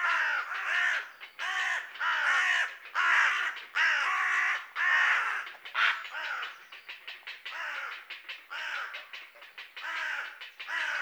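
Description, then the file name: Carrion Crow calling with a rapid series of hoarse, rasping caws, loud at first and then breaking into shorter, softer choppy notes. "Corvus corone"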